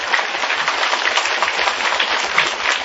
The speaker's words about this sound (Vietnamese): Xin cho cụ một tràng pháo tay.